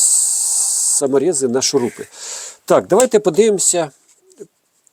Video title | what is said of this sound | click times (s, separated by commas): Новинка! Нівеліри Shijing E801-G1 та 7859G ! Це 4-х площинні лазерні рівні з зеленим променем. | так акумулятор вставляється не фіксується | none